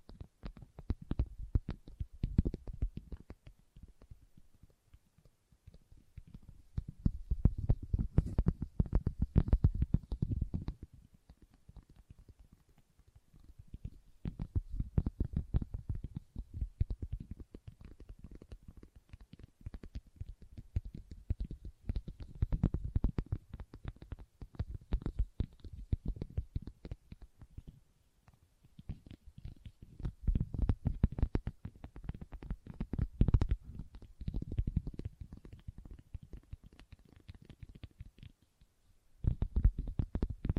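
Leather is tapped and scratched in dense, rapid bursts of small clicks and rubs, mostly low and soft with thin bright edges. Busy stretches come and go, loudest around 7–10 and 30–37 seconds, separated by quieter gaps, with a sudden burst at the very end.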